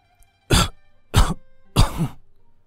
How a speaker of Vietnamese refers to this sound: Lão hoàng đế cười hiền hậu, nhưng lại dẫn đến một trận ho khan.